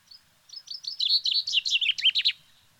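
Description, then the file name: Common chaffinch delivering one song phrase: thin notes that speed up into a loud, tumbling series before a final emphatic flourish, with no other sounds. "Fringilla coelebs"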